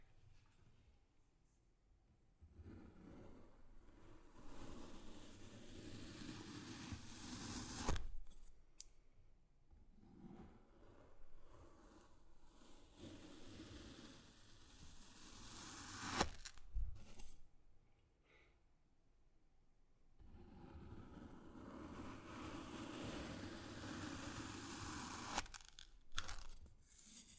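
Kinetic sand is squeezed and crumbled, making soft, gritty rustling in long stretches from about 2 to 8 seconds, 9 to 16, and 20 to 25. Sharp little clicks or taps break in near 8, 16 and 26 seconds, with quiet pauses between handlings.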